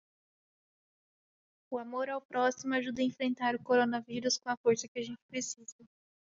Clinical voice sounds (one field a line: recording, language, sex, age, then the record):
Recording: spoken sentence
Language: Brazilian Portuguese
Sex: female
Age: 20 to 29 years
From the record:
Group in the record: control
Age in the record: 22 years